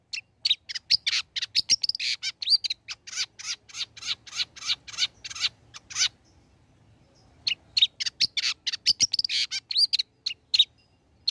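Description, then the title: Long-tailed shrike singing a dense, scratchy chatter of rapid notes, stopping for over a second midway, then resuming just as busily. Bird described as singing actively (gacor); recording made as tutor song (masteran) for training songbirds. "Cendet Gacor Cocok Untuk Masteran"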